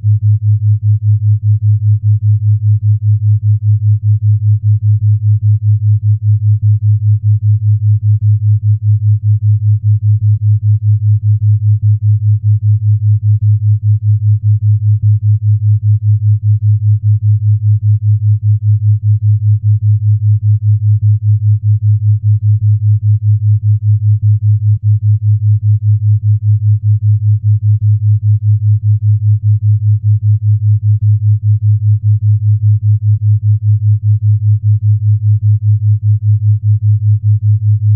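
A theta brainwave tone at 5 Hz: a low, steady hum centered in the bass, unchanging from start to finish. It has a fine, rapid regular pulsing and nothing above the low register, with no other sounds present.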